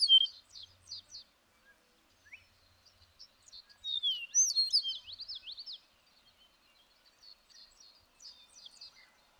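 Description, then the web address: Bird song as a lively run of high whistles, slurred notes and rapid twittering chirps, rising to a busy burst midway, then softer scattered notes. "birdsong 162"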